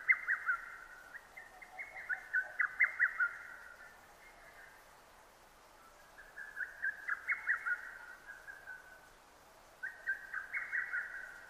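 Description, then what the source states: Lesser cuckoo singing loud staccato phrases of several sharp notes, about four bursts in all, over a quiet background. 6 June 2009.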